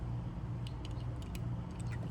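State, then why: Not seated. A plastic front-end clip is turned around and lined up on a diecast Nissan Stagea Hot Wheels Elite 64 Mod Shop toy car, ahead of being fitted onto its two metal posts. Faint tapping sounds come at about 0.7, 0.9 and 1.4 s over a steady low hum. Nothing has clicked into place yet.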